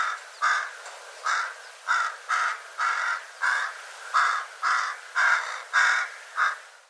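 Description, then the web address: Bird calling with rasping, crow-like caws, about every half second in a series of about a dozen notes. "cianscape birddata"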